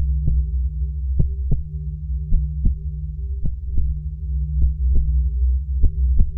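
Slow, steady lub-dub heartbeat of about 52 beats a minute, picked up by a stethoscope placed on an adult's chest, under soft continuous humming of a song.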